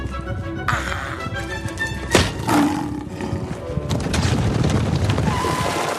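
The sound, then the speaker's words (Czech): A tiger roars loudly and continuously in the Czech dub of the film Ice Age, deep rumbling growls swelling into harsh, raspy bellows, with a sharp louder burst partway through and no talking. “Karle, ten tygr ho dostal dřív.”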